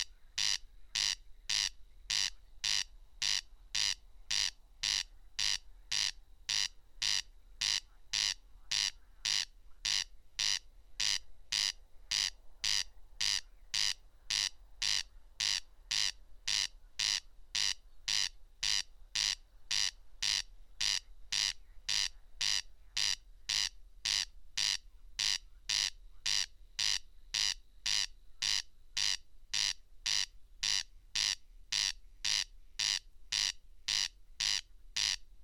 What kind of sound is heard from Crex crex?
song